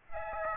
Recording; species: mosquito wingbeat signal from an infrared sensor; Aedes albopictus